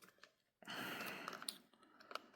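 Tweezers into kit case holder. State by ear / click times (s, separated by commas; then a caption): seated / 1.5 s, 2.2 s. Fine-point metal tweezers are pushed back into their plastic holder slot in a bit kit case, with a steady rustling, scraping push and a few small ticks. They snap into place with sharp clicks at 1.5 s and 2.2 s, seating the tweezers in the holder.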